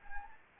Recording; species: mosquito wingbeat signal from an infrared sensor; Anopheles arabiensis